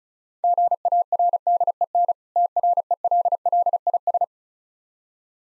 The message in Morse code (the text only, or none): GARDEN TRELLIS